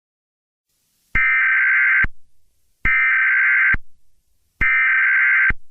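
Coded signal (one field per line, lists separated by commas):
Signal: Emergency Alert System (SAME) tones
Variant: header bursts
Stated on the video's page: Fictional EAS scenario set at a Black Friday electronics store.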